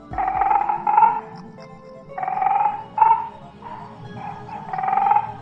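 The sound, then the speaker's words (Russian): A toadfish grunts hoarsely in a series of about six rough, buzzing bursts, each under a second long and mid-pitched, separated by brief gaps, with no talking. “Жаба-рыба хрипло ворчит.”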